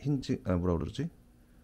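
Someone talks while handling the small opening door and its lock on a 1/12 scale die-cast MINI 60th anniversary Union Jack edition model car. No click is heard. The door has not latched into the body yet.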